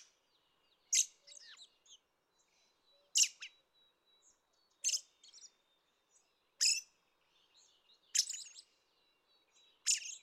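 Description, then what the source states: Red-throated Thrush song in short phrases, each a sharp high note leading into brief squeaky twitters, repeated about every two seconds. Recorded 25 May 2013 at Ider gol, Mongolia.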